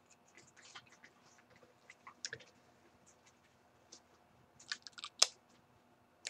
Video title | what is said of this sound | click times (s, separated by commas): Visconti Michelangelo Review | a very satisfying click on the magnet actually | 5.2 s